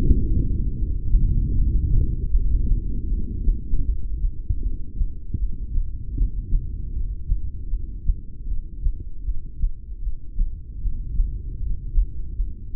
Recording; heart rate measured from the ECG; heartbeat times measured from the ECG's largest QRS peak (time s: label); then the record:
heart sounds by stethoscope; 78 bpm
0.72 s: heartbeat
1.50 s: heartbeat
2.27 s: heartbeat
3.04 s: heartbeat
3.81 s: heartbeat
4.58 s: heartbeat
5.34 s: heartbeat
6.12 s: heartbeat
6.89 s: heartbeat
7.66 s: heartbeat
8.43 s: heartbeat
9.20 s: heartbeat
9.98 s: heartbeat
10.77 s: heartbeat
11.55 s: heartbeat
12.33 s: heartbeat
From the record:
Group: heart failure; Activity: Valsalva maneuver 0-4 s, rest 4-13 s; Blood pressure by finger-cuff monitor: 88/63 mmHg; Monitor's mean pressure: 73 mmHg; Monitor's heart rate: 77 bpm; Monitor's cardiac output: 6 L/min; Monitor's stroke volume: 77 mL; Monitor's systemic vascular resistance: 860 dyn s/cm5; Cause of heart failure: ischemic heart disease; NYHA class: 2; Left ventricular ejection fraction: 28%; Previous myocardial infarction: present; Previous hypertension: present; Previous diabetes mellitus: present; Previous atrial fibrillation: present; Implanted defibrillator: present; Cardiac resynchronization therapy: present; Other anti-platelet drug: absent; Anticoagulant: apixaban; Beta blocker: bisoprolol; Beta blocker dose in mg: 10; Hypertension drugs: sacubitril-valsartan, spironolactone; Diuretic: furosemide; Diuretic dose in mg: 20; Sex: male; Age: 62 years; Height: 178 cm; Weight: 88.3 kg